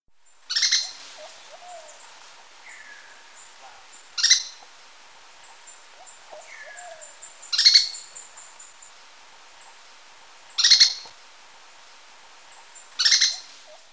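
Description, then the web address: Striped treehunter giving brief harsh notes roughly every three seconds, with fainter notes in between. Recorded in Ecuador. "Birds of Ecuador. Striped Treehunter"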